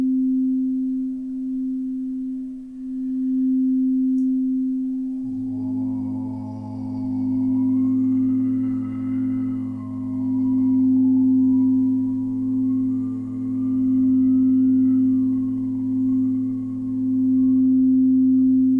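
Tibetan singing bowls hum a steady sustained tone, joined near five seconds by a deeper drone, with faint wavering higher voice-like tones above.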